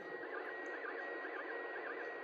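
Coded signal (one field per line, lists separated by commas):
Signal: SSTV (slow-scan television)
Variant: PD120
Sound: whistling tone near 1.9 kHz, warbling and dipping low about twice a second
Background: radio static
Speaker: Now you can see the picture starting to clear up a little bit.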